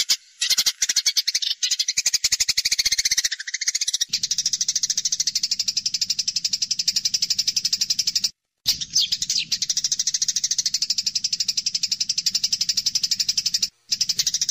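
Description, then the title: Eurasian tree sparrow chattering in fast, tightly packed high chirps that run almost without pause, with brief silent breaks and some rougher, varied notes early on. Tree sparrow chirping persistently in dense, rapid 'nyecret' chirps; masteran recording used to tutor songbirds such as Medan white-rumped shama and greater green leafbird. "Burung Gereja Gacor Nyecret Rapat !!! Masteran Burung Murai Batu Medan, Cucak Ijo Dll."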